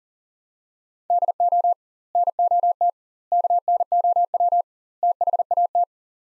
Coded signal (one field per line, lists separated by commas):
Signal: Morse code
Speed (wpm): 40 wpm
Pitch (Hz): 700 Hz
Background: none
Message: DO NOT KNOW THAT